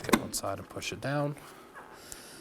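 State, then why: Seated. Someone talks, then one end socket of a new liftgate lift support on a 2018-2024 Chevrolet Equinox is pushed down onto its ball stud. A sharp, short snap is heard at 2.1 s, and the socket is seated on the stud.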